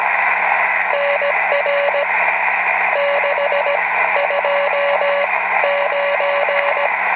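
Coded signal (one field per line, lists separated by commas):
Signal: Morse code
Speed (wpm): 17 wpm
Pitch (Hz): 570 Hz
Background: radio noise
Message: NR 629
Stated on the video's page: QRP field operation QSO.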